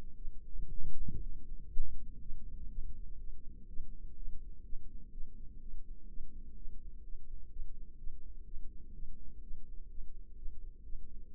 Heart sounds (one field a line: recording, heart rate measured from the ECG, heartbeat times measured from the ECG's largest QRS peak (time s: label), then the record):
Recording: heart sounds by microphone in the left ear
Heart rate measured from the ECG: 124 bpm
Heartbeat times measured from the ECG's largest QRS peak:
0.16 s: heartbeat
0.69 s: heartbeat
1.21 s: heartbeat
1.71 s: heartbeat
2.20 s: heartbeat
2.69 s: heartbeat
3.19 s: heartbeat
3.68 s: heartbeat
4.16 s: heartbeat
4.64 s: heartbeat
5.12 s: heartbeat
5.60 s: heartbeat
6.09 s: heartbeat
6.56 s: heartbeat
7.04 s: heartbeat
7.51 s: heartbeat
7.98 s: heartbeat
8.46 s: heartbeat
8.94 s: heartbeat
9.42 s: heartbeat
9.90 s: heartbeat
10.37 s: heartbeat
10.85 s: heartbeat
11.32 s: heartbeat
From the record:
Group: healthy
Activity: rest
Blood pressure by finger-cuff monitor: 146/79 mmHg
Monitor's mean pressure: 95 mmHg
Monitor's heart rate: 124 bpm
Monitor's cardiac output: 9.6 L/min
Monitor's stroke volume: 77 mL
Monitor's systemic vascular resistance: 730 dyn s/cm5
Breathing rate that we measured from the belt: 22 breaths a minute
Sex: female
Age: 19 years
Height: 163 cm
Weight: 51 kg